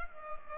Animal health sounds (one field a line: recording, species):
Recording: mosquito wingbeat signal from an infrared sensor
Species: Culex pipiens